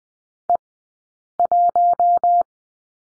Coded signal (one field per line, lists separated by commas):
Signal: Morse code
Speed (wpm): 19 wpm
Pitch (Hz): 700 Hz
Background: none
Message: E 1